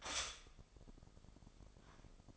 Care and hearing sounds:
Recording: daily activity, microphone in the room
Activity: stop toaster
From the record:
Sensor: 5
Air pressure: 995.4 hPa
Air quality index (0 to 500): 107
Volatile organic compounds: 8 ppm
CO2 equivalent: 2064 ppm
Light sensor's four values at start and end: 35/84/34/34 and 35/84/34/34

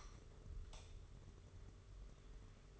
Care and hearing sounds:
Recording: daily activity, microphone in the room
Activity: light on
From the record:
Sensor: 4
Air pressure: 991.8 hPa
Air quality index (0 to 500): 98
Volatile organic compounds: 11 ppm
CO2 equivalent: 2288 ppm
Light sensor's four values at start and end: 7/16/6/6 and 9/25/9/10

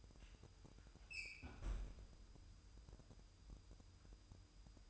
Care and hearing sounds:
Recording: daily activity, microphone in the room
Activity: close fridge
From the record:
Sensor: 2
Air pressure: 988.3 hPa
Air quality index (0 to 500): 190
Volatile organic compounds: 176 ppm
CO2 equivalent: 4128 ppm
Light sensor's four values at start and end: 21/70/27/26 and 21/70/27/26

